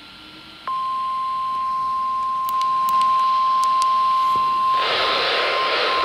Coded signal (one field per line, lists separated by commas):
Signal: Emergency Alert System (SAME) tones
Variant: 1050 Hz attention tone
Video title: SURPRISE CYCLONE... EAS Alerts from 10/16-17/19 (EAS 2131-2145)